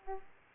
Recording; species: mosquito wingbeat signal from an infrared sensor; Aedes aegypti